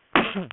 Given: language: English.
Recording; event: throat vibration sensor signal played as sound; cough